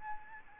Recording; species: mosquito wingbeat signal from an infrared sensor; Aedes albopictus